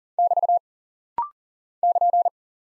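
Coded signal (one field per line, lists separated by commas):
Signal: Morse code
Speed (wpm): 40 wpm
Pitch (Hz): 700 Hz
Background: none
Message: <BT> <KN>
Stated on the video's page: Rapid-fire head-copy drill of punctuation and prosign characters sent at 40 wpm.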